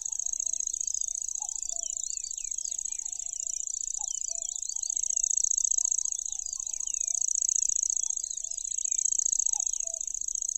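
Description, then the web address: Lanceolated warbler, a long sustained high-pitched insect-like reel, with a dense background of other birds' twitters and occasional short whistles. "makinosennyu"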